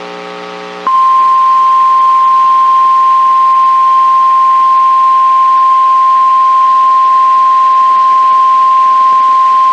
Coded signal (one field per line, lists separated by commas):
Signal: Emergency Alert System (SAME) tones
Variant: 1050 Hz attention tone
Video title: ALL CAUGHT THROUGH MY TFT (EAS Alerts: #322 - 336) - 6/15/22